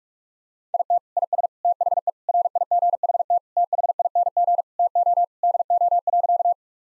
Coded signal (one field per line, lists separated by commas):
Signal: Morse code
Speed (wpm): 46 wpm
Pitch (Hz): 700 Hz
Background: none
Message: IT IS THE RIGHT THING TO DO.